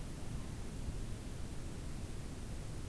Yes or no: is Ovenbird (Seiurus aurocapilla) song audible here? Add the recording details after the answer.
no. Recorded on 26 June 2016 at 05:27. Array SBT-6-76